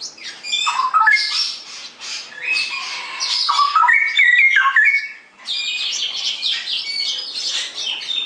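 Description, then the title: Straw-headed bulbul delivering a rapid, gurgling warble with rising whistled notes and scratchy chatter, broken by a short pause. Caged-bird song-tutoring recording; Indonesian local name cucak rowo; song style described as ropel gacor, rapid continuous singing. "mster Mnuk. Masteran Burung CUCAK ROWO Kualitas Jernih. Cucak Rowo Ropel Gacor"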